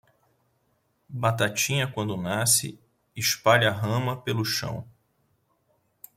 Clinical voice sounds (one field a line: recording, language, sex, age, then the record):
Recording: short text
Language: Brazilian Portuguese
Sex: male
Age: 40 to 49 years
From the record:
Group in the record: control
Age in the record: 45 years